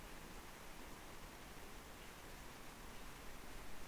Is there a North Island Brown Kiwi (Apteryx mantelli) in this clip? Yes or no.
no